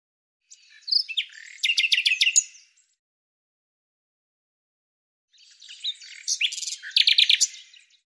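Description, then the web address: Bird singing two phrases, each with slurred notes leading into a rapid series of bright chirps, separated by a few seconds of quiet. "Deverinetal 2025"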